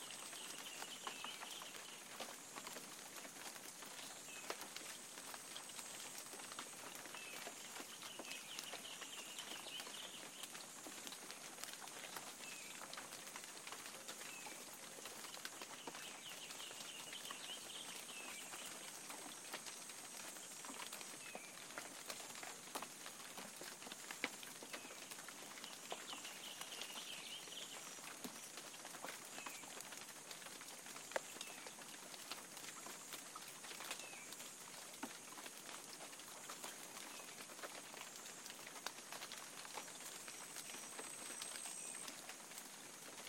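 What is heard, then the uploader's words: A spring morning downpour hisses steadily and densely, with countless fine drop taps and no letup across the whole stretch. Faint bird chirps rise briefly above the rain every few seconds, and a high thin whine runs constantly beneath it all. Marks National Wildlife Refuge. Spring Rain. A morning downpour.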